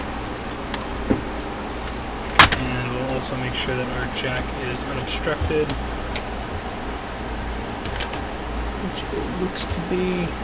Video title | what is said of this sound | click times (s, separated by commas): How-to Replace DC Charging Jack in Dell Inspiron 15 3000 Series | go ahead and do that just press down you'll hear the tabs clicking back in and we'll | 0.7 s, 2.4 s